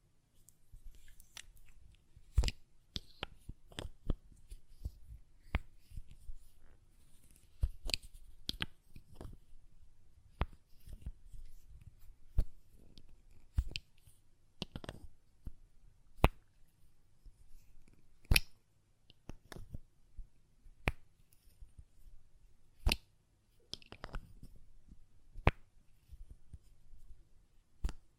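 Glass perfume bottle tapping and lid sounds: sharp, bright clicks and taps land irregularly, about one or two per second, across the whole 28 seconds. Between them come softer scrapes and handling rustles, with a low murmur underneath.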